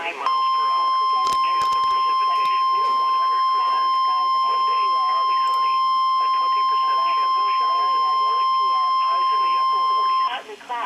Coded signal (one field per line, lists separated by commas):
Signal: Emergency Alert System (SAME) tones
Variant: 1050 Hz attention tone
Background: speech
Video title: NOAA Weather Radio EAS 72-75 See Dsc.